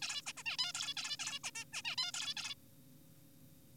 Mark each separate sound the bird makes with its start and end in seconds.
0.02-0.22, 0.27-0.33, 0.37-0.43, 0.46-0.57, 0.59-0.72, 0.74-0.94, 0.97-1.17, 1.20-1.39, 1.44-1.51, 1.55-1.65, 1.73-1.82, 1.84-1.96, 1.98-2.12, 2.14-2.34, 2.37-2.54